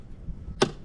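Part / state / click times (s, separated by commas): plastic retaining tab of the cabin air filter cover or glovebox in the car dashboard / seated / 0.6 s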